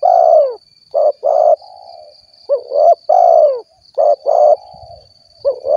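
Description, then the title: Spotted dove cooing: deep, hoarse phrases of short notes ending in a longer drawn-out coo, repeated steadily, with softer fainter coos between and a constant high-pitched whine behind. "Tekukur"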